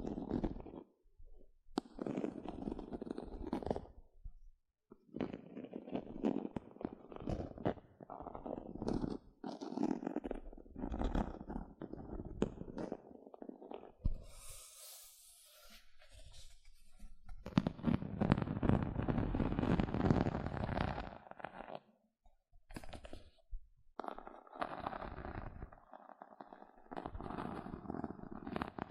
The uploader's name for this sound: Gentle Scratching Sounds